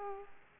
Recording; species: mosquito wingbeat signal from an infrared sensor; Aedes aegypti